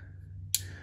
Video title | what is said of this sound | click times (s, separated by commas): New Harbor Freight ICON Slip Joint Pliers!!! GOOD OR BAD? #harborfreight #tools #toolhaul #snapon | Oh, it locks into place pretty good, doesn't it? | 0.5 s